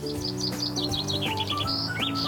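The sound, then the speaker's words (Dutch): A chaffinch sings early in the morning, recorded under a tree, a rapid run of bright, high chirps that tumbles downward into a quick closing flourish, clear and fairly loud over a steady low drone in the background. “Dit is de vink.”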